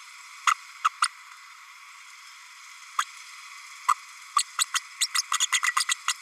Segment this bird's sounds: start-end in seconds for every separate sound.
0.51-0.54, 0.84-0.88, 1.02-1.08, 2.98-3.04, 3.88-3.94, 4.38-4.43, 4.58-4.64, 4.74-4.80, 5.00-5.07, 5.14-5.22, 5.40-5.47, 5.52-5.60, 5.63-5.71, 5.76-5.84, 5.89-5.95, 6.08-6.13